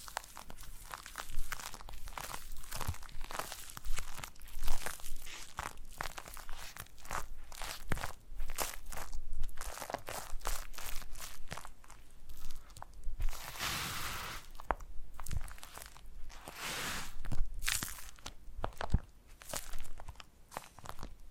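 Foam massage: a steady run of squeaky, crunchy rubbing strokes, dense and irregular, with bright crinkling texture throughout. Sharper squeaks and crackles punctuate the sound every second or so, with a longer, louder hissing rub around the fourteen-second mark.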